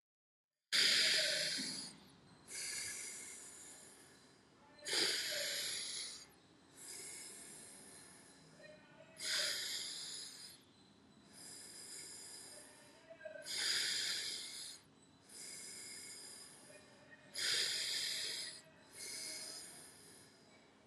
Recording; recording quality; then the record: deep breathing; excellent, no background noise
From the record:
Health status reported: COVID-19 positive, mild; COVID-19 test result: positive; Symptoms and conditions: sore throat, fever, fatigue, muscle pain, loss of smell and taste, diarrhoea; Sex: male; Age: 35 years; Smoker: not ticked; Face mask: not worn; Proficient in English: yes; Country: India